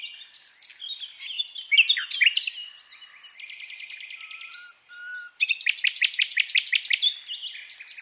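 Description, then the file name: Common nightingale song with varied chirps and twangs, a buzzy even trill, a short pure whistle, then a loud rapid burst of repeated sharp notes. "Luscinia megarhynchos"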